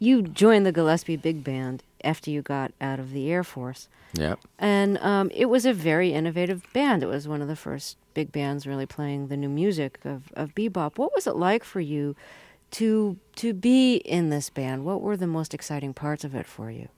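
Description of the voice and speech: A single adult woman, a radio interview host, speaks in a clear, smooth, well-voiced way, asking a jazz saxophonist about joining a bebop big band, at an easy conversational pace with natural pauses. Articulation and pitch variation are ordinary. This is normal fluent speech with no sign of a voice or speech disorder.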